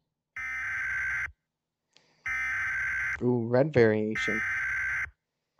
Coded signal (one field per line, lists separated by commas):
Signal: Emergency Alert System (SAME) tones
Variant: header bursts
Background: speech